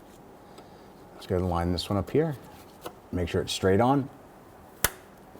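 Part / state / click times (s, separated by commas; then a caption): vapor hose quick-connect onto charcoal canister port / seated / 4.9 s. A vapor hose quick-connect fitting on a 2006-2012 Toyota RAV4 3.5L V6 is lined up straight and pushed onto the charcoal canister port while someone talks. A single sharp click at 4.8 s marks the coupling locking into place, fully seated.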